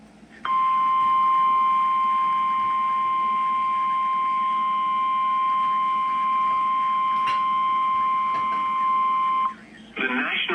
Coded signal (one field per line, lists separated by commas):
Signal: Emergency Alert System (SAME) tones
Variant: 1050 Hz attention tone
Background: speech